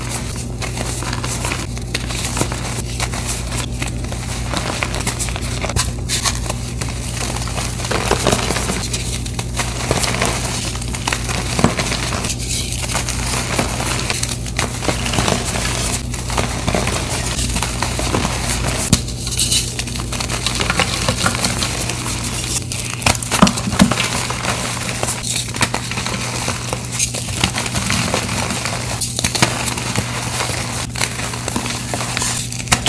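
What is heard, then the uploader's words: Crumbling and crinkling of gym chalk being crushed and worked into a paste in a steel bowl, a dense, steady stream of small gritty crackles with brief sharper snaps scattered throughout. A low steady hum runs underneath. Crushing gym chalk into Pinesol. Mixing the paste, and reforming into crispy dusty reformed gym chalk shapes.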